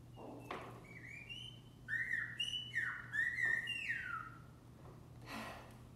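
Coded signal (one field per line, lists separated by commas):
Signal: whistled language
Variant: Silbo Gomero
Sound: several gliding whistled phrases rising and falling between mid and high pitch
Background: low electrical hum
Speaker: language only has two vowels of four consonants the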